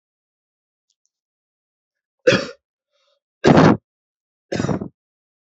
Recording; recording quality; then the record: heavy voluntary cough; excellent, no background noise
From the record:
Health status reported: COVID-19 positive, mild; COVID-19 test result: positive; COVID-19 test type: RT-PCR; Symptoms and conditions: cough, cold, fever, fatigue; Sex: male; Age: 26 years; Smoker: no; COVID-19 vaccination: both doses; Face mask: not worn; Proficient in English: yes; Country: India